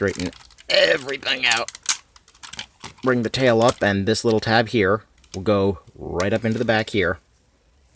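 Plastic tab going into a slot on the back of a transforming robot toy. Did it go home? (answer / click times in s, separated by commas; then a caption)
no / none. Someone talks while handling a plastic Power Rangers Dino Megazord (2010/Legacy) transforming robot toy, taking the tail off and moving a small plastic tab up toward a slot in the back. Brief, faint handling clicks are heard between about 2.2 and 2.8 seconds. Nothing has seated or clicked into place yet.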